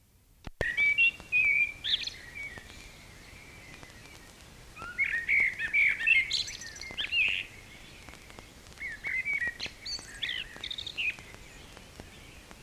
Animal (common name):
Common Blackbird